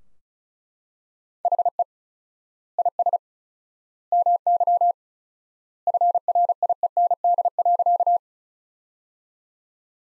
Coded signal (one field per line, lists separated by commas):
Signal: Morse code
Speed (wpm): 34 wpm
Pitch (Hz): 700 Hz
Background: none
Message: HE IS MY FRIEND.